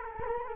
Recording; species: mosquito wingbeat signal from an infrared sensor; Culex quinquefasciatus